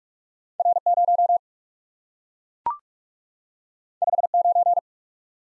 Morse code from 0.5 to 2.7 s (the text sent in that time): R 0